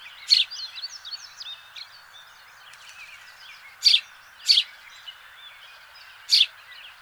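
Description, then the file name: House sparrow chirps: four clipped, piercing notes, one early and three later, against soft background chattering. "Passer domesticus"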